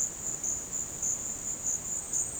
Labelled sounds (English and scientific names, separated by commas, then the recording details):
none
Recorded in dense forest near Puerto Asís, Putumayo, Colombia, on 18 February 2024 at 16:30
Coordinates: 0.486, -76.316
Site G6437